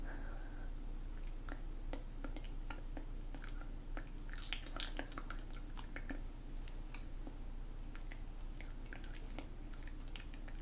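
Soft whispering mixes with a steady stream of crisp little clicks and crackles, like tapping or handling objects. The ticks come irregularly but often, clustering around the middle, over a constant low hum.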